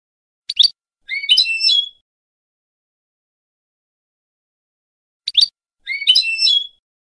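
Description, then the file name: European goldfinch song: a sharp click-like note, then a short tinkling, twittery phrase, heard twice about five seconds apart with silence between. "audio burung goldfinch"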